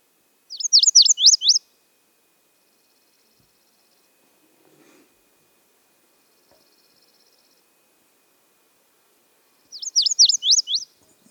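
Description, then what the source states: Lazuli Bunting song: two short, high bursts of rapid sweeping notes about a second long, separated by roughly eight seconds of near silence. High-pitched, excited series of warbled phrases; first note usually repeated, descending the scale then ascending at the end; songs highly variable; buzzy notes at the song's end.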